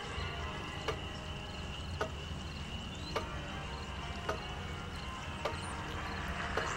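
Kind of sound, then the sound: household object, clock ticking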